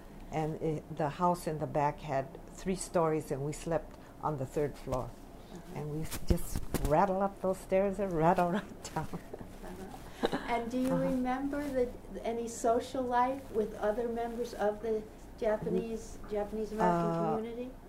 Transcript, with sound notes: And it-- the house in the back had three stories and we slept on the third floor. And we'd just rattle up those stairs, and rattle on down (she laughs)
And do you remember any social life with other members of the Japanese-- Japanese-American community?